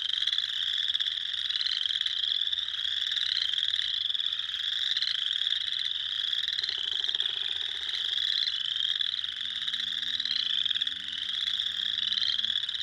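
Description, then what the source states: Spring peeper chorus of piercing, upslurred peeps repeated rapidly and overlapping; a brief lower buzz enters midway and faint low rising tones appear near the end. Several spring peepers, recorded 6 April 2021.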